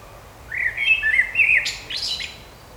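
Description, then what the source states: Bird song with a sequence of clear whistled chirps, some rising and falling, ending in quick high twittering notes against a faint steady hiss. Birds singing in a park.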